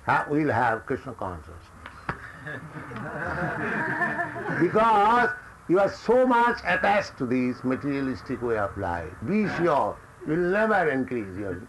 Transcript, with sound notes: will have Kṛṣṇa consciousness. [laughter] Because you are so much attached to this materialistic way of life, be sure you will never increase your